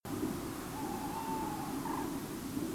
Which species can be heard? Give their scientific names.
Strix aluco, Grus grus